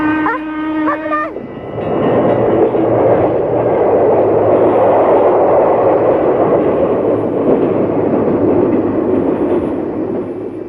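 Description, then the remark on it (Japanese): A short, pulsing horn-like tone sounds, then a train thunders past a railroad crossing that has no barrier gates, with a loud, steady roar and rumble that holds for several seconds before easing slightly. “遮断機のないその踏切を、今一人の少年が。”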